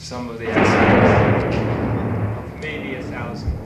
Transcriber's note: loud crack of thunder in background